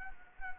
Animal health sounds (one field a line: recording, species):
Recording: mosquito wingbeat signal from an infrared sensor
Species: Anopheles arabiensis